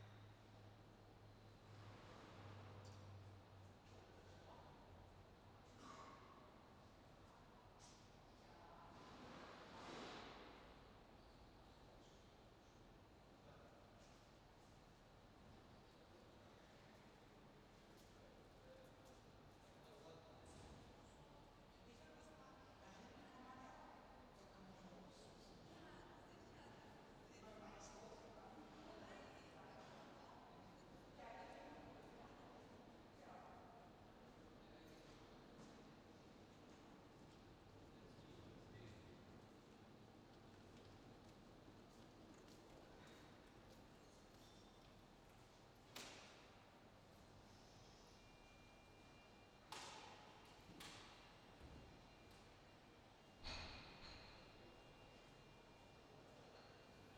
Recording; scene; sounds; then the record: everyday scene through a hearing-aid microphone; reverberant space; background noise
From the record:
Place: railway station hall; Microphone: in the ear canal, left